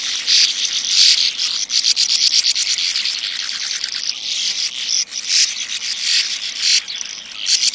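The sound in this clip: Sand martin gives steady harsh, buzzy twittering throughout, with short rasping notes in a busy chatter.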